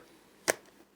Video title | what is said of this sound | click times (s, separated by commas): LENOVO LEGION 5 15ACH6H Thermal Paste Change Complete Guide - Honeywell PTM7950 | you should hear little clicks there we go so as you can see it has opened up here | 0.5 s